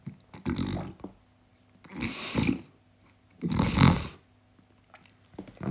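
Three rough, rattling snore-like bursts, each under a second and spaced about 1.5 seconds apart, in a quiet room. An adult imitates how didgeridoo circular breathing can sound in someone with sleep apnoea: instead of air escaping between the lips, a snoring noise arises as slack throat muscles let the airway collapse.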